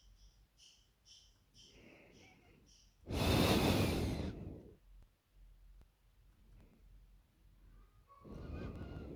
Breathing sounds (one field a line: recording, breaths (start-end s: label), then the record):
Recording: nose breathing near a microphone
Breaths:
1.26-2.90 s: inhalation
2.90-4.30 s: exhalation
6.20-8.08 s: inhalation
8.08-9.16 s: exhalation
From the record:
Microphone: phone